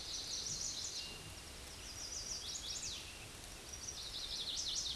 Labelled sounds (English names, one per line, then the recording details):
Chestnut-sided Warbler song
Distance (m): 40 m
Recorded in a Pennsylvania forest on 18 May 2023 at 09:49
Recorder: AudioMoth, point grid1_10_low
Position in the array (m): 15 m, 90 m